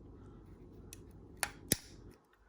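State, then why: Seated. A plastic case part is pushed down into its seat in an MTS2000/Jedi series two-way radio housing during case reassembly, locating on small indentations. Over a low background hum, a faint tick is followed by two sharp clicks at 1.4 s and 1.7 s. The part clicks and seats in place.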